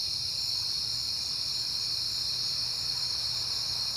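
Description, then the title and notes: Shrill crickets trill nonstop at a constant pitch, with nothing else standing out. Crickets recorded on a peaceful night in September. "Night Time: Crickets and Passing Cars. It is September and I have been hearing the crickets a lot, but finally had a peaceful night to make the recording"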